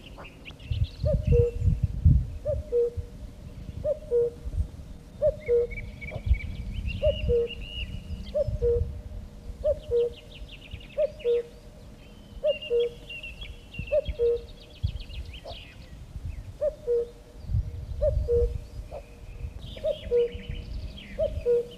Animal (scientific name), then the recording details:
Cuculus canorus. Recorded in the wild. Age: adult. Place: Gerlitzen, Kärnten, AT. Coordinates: 46.693, 13.917. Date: 1971-05-12. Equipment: Uher 4100 Report-V. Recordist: Brunner, Thomas